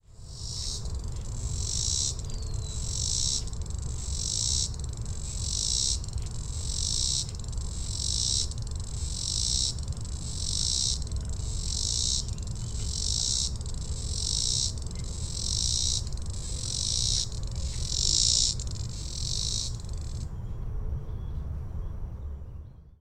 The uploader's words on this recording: Robinson's Cicada (Neotibicen robinsoniana). A Robinson's Cicada (Tibicen robinsoniana) in Dyke Marsh. At 12:20 pm. Recorded with a Fostex FR-2, Sennheiser ME 62, and Telinga Parabola.